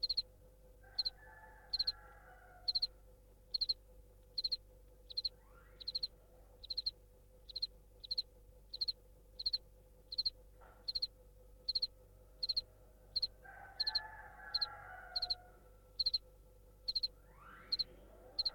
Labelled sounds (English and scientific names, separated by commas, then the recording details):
House Cricket (Acheta domesticus)
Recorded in captivity
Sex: male
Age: imago
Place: DE
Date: 1962-02-06 14:00
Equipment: Smaragd, Grundig-Mikrofon
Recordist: unbekannt, keine Angabe